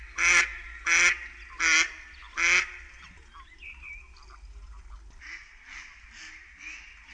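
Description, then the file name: Mallard quacks: four loud, nasal quacks spaced under a second apart, followed by softer, quieter quacking in the background. "krzyzowka"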